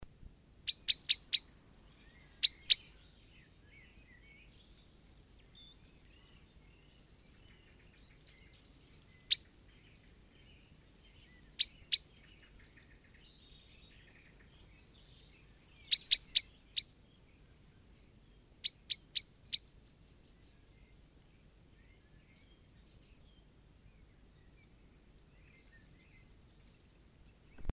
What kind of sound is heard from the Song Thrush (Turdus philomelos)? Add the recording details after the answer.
call. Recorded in the wild. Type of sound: call. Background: Turdus merula, Sitta europaea. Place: Kaiserslautern, Rheinland-Pfalz, DE. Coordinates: 49.3939, 7.73056. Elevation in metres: 313. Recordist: Tretzel, Erwin. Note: Aufnahme Ende März 1974, Jagdhausweiher, Kaiserslautern: Rufe "pink pink"